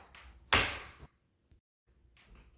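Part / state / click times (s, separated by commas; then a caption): frame folding lock on rolling walker / seated / 0.5 s. The folding lock on the frame of a Comodita Avanti rolling walker is pushed down by hand to lock the opened walker. After some faint handling, a sharp, loud snap at 0.5 s shows the lock has seated, and it rings briefly before fading. Quieter handling sounds follow near the end.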